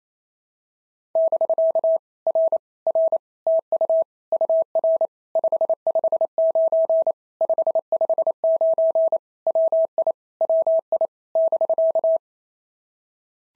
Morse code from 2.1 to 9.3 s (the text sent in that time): R R TU UR 559 559